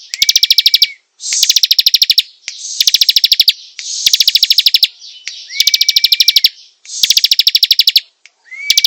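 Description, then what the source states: Prinia giving rapid, grating trilled phrases in quick succession, some accompanied by a steady whistled note. Singing vigorously, a style called gacor.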